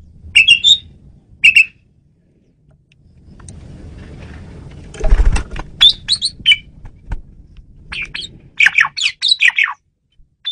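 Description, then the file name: Asian pied starling giving squawky chirps at the start, a rumbling noisy stretch, then further harsh chattering notes. Female bird used as a lure (pemikat) bird. "jalak suren betina pemikat"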